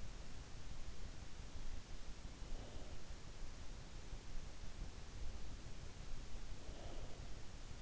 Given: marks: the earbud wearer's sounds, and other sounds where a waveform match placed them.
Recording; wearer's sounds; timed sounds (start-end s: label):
sounds in sleep by an in-ear microphone; breath
2.18-3.17 s: breath
6.15-7.45 s: breath